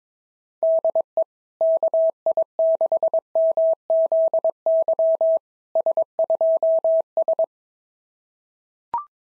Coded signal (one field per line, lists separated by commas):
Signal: Morse code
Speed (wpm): 22 wpm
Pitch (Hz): 650 Hz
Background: none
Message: DE KI6MZY S2S